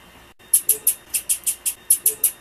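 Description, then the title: Blue-black grassquit calls: a fast series of about ten very high, sharp chips, after a short silence. Female bird. "Piado De Fêmea De Tiziu"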